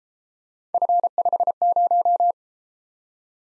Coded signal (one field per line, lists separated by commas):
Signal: Morse code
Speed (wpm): 32 wpm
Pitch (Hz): 700 Hz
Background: none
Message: F50